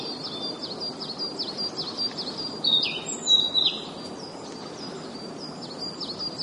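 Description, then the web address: Narcissus flycatcher calling: a rapid series of short, high, downward-hooked chirps, then a louder complex warbled burst, then the quick chirps again over constant background hiss. "albatrusclub kibitaki"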